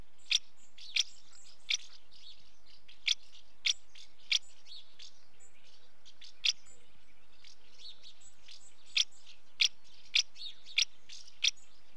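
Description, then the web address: House martin calling in brief bright chirps, irregularly spaced in bursts with a pause midway, softer twitters in between; otherwise quiet. Female calling at the nest. "BBC Sound Effects Library. House Martin"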